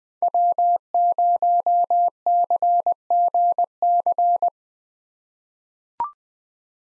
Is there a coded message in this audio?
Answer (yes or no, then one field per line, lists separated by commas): yes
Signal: Morse code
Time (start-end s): 0.2-4.5 s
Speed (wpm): 20 wpm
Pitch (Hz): 700 Hz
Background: none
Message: W0CGC